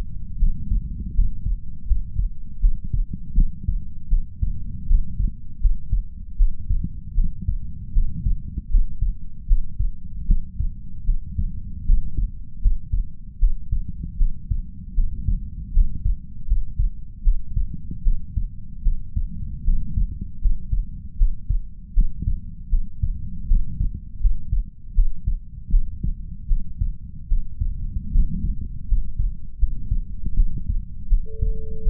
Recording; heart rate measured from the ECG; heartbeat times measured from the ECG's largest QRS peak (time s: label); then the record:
heart sounds by stethoscope; 78 bpm
0.37 s: heartbeat
1.13 s: heartbeat
1.85 s: heartbeat
2.59 s: heartbeat
3.33 s: heartbeat
4.08 s: heartbeat
4.85 s: heartbeat
5.59 s: heartbeat
6.35 s: heartbeat
7.13 s: heartbeat
7.92 s: heartbeat
8.69 s: heartbeat
9.46 s: heartbeat
10.25 s: heartbeat
11.04 s: heartbeat
11.84 s: heartbeat
12.60 s: heartbeat
13.37 s: heartbeat
14.16 s: heartbeat
14.93 s: heartbeat
15.71 s: heartbeat
16.46 s: heartbeat
17.21 s: heartbeat
18.02 s: heartbeat
18.82 s: heartbeat
19.63 s: heartbeat
20.39 s: heartbeat
21.16 s: heartbeat
21.92 s: heartbeat
22.68 s: heartbeat
23.46 s: heartbeat
24.19 s: heartbeat
24.93 s: heartbeat
25.69 s: heartbeat
26.46 s: heartbeat
27.27 s: heartbeat
28.10 s: heartbeat
28.86 s: heartbeat
29.57 s: heartbeat
30.34 s: heartbeat
31.07 s: heartbeat
31.82 s: heartbeat
From the record:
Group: healthy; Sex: female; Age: 26 years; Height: 165 cm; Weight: 55 kg